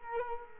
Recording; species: mosquito wingbeat signal from an infrared sensor; Culex quinquefasciatus